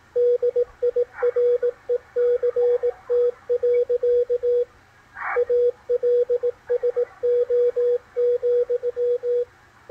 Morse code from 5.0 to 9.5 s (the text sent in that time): ALSO,